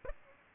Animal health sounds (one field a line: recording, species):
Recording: mosquito wingbeat signal from an infrared sensor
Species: Aedes aegypti